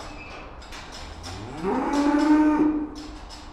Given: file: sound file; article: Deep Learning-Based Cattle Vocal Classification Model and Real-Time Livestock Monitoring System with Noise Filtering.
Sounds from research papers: cattle; food anticipating call

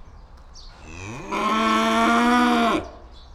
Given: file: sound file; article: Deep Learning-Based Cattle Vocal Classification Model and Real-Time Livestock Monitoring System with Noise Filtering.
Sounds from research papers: cattle; estrus call

